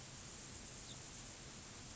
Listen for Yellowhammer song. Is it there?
no